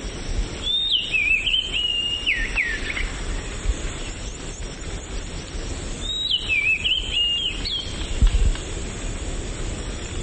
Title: Kicau Kacer Durasi Panjang 1jam Lebih